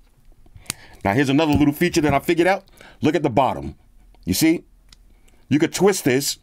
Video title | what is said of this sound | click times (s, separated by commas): OnePlus x Sharge Pouch - 10,000mAh 3-in-1 Power Bank / Charger / Cable | When you wanna take it off, press the button, pop it out. | 0.7 s